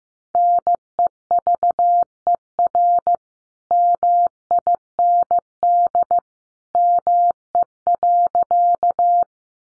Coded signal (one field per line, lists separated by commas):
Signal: Morse code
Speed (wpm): 15 wpm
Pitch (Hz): 700 Hz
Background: none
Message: NEVER MIND ME.